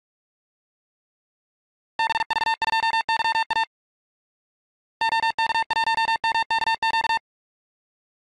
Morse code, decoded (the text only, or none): BV2YA OK1MKQ